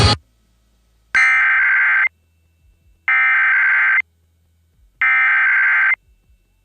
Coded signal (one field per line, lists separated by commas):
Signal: Emergency Alert System (SAME) tones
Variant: header bursts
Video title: (EAS #05!) San Diego November Required Monthly Test on KSDO-AM (11/02/22)